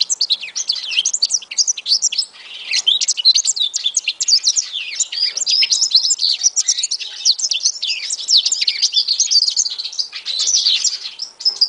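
African citril song, a dense, continuous stream of high, rapid chirps, trills and twitters running for nearly twelve seconds with barely a pause.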